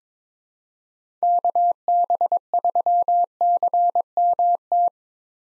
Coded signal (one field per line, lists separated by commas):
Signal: Morse code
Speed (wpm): 22 wpm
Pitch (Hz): 700 Hz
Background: none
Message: KB3CMT